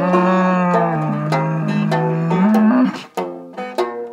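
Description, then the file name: Cow lowing: a long low moo that rises in pitch before breaking off, followed by several short tonal notes. "kuh"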